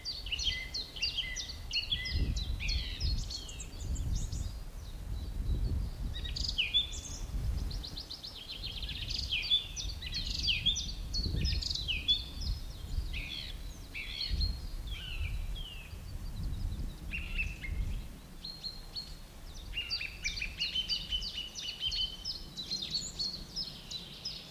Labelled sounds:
Song Thrush (Turdus philomelos) song
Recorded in the wild
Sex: male
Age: adult
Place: Buckow (Märkische Schweiz), Märkische Schweiz, Brandenburg, DE
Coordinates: 52.5678, 14.1197
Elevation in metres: 30
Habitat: forest
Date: 1988-04-16 10:11
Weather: sunny, above 8°C
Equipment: Sony WM-D6C, Sony ECM-939 LT, Kopie 19 cm
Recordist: Tembrock, Günter

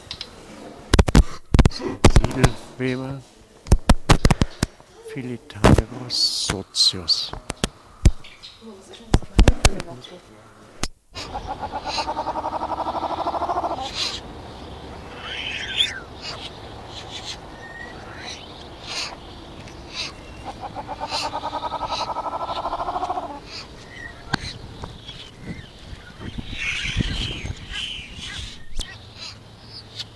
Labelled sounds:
Sociable Weaver (Philetairus socius) call
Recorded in captivity
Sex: group
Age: adult
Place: Tiergarten Wilhelma/Stuttgart, Baden-Württemberg, DE
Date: 2000-09-24 14:35
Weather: sunny, 18°C
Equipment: Nagra SN, Kopie Uher 4000 Report Monitor
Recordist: Tembrock, Günter

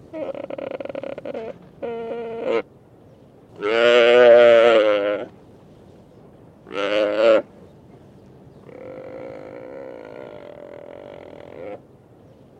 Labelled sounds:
Mule Deer (Odocoileus hemionus)
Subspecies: hemionus
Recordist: Tembrock, Günter
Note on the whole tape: Hirsch: diverse Laute

